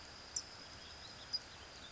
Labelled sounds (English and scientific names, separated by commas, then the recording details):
California Towhee (Melozone crissalis)
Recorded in Sonoma County, California